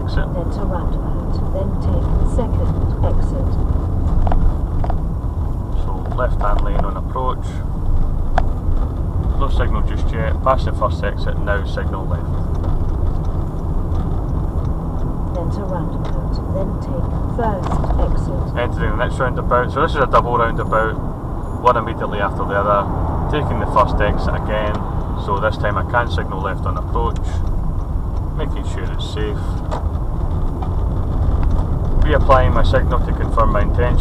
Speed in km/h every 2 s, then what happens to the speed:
37, 31, 27, 27, 27, 24, 34, 37, 35, 35, 37, 34, 29, 27, 29, 29, 31.
0-4 slows to 27. 4-10 steady at about 27. 10-13 speeds up to 37. 13-30 steady at about 34.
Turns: 7-11.